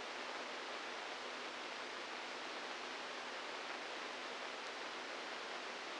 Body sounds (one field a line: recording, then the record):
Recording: brain microelectrode recording played as sound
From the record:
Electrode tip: outside the subthalamic nucleus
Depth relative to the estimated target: -3 mm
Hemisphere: right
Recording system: NeuroSet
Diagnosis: Parkinson's disease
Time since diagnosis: 8 years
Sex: male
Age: 46 years